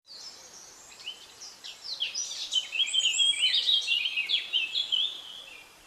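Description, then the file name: Eurasian blackcap song, a rapid scratchy warble of high twittering notes that grows louder midway. "Sylvia atricapilla"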